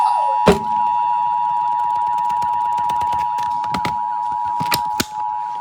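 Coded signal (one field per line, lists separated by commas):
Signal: Emergency Alert System (SAME) tones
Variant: 853 and 960 Hz attention tone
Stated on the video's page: Valid EAS tones from Evansville-area FM broadcast stations during severe weather, recorded on an iPad and on Windows 10.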